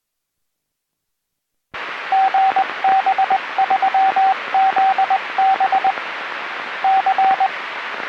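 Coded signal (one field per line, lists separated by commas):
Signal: Morse code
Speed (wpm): 20 wpm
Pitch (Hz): 770 Hz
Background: radio noise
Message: GB3ZB C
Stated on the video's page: Live scanner reception in South West UK on a Uniden Bearcat UBC355CLT scanner, VHF/UHF.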